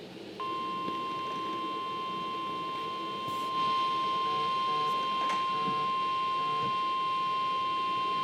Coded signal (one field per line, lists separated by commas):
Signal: Emergency Alert System (SAME) tones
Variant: 1050 Hz attention tone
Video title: Winter Storm Warning for Berkshire County MA (EAS #1,627)